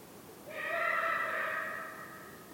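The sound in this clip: Eagle-owl giving one long, reedy, level-pitched call that rises in loudness, then gradually dies away.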